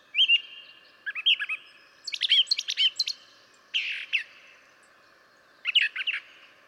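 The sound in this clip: Brown Thrasher song of varied short phrases, slurred whistles and sharp note clusters, with gaps between bursts.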